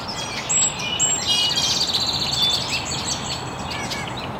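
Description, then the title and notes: Birds chirping, a dense burst of quick high twittering and whistled notes from several birds at once, with constant background hiss. Birds chirping very early in the morning in an estuary. "Birds Chirping in the Early Morning. Original sounds of birds chirping very early in the morning in an estuary"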